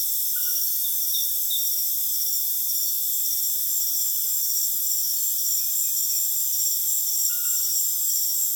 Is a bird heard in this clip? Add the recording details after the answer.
no. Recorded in dense forest near Puerto Asís, Putumayo, Colombia, on 23 June 2025 at 20:00. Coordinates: 0.484, -76.325. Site H65